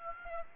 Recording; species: mosquito wingbeat signal from an infrared sensor; Aedes aegypti